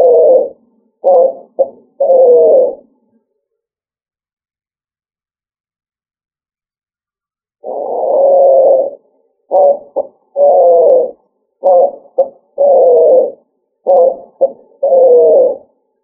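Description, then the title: Pigeon cooing: low, hollow coos in short clusters, some drawn out and others clipped, with a long silent pause between two bouts. "ColumbidaePomba"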